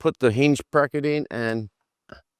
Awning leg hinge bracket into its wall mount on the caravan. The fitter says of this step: that locks into place there.